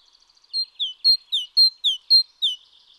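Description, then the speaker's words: Great tit song, a clear two-note phrase, high then lower, repeated about four times in quick even rhythm, with nothing else heard. Males sing throughout the year, averaging four song types sung at three tempos, possibly suggesting a denser territory and discouraging competition; birds with larger vocabularies more often dominate and breed successfully. "Great tits with larger vocabularies are more likely to be dominant and breed successfully."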